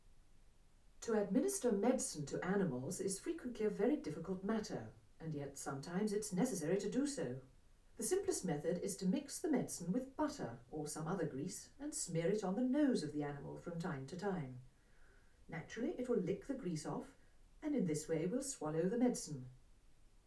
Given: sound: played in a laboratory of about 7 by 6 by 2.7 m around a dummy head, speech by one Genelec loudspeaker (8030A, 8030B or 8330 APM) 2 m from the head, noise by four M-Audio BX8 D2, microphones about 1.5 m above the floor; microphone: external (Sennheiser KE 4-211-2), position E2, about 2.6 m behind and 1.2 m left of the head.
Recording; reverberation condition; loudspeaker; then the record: female speech in English; low; 30 degrees to the left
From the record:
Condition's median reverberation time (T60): about 310 ms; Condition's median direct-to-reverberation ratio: about 3.5 dB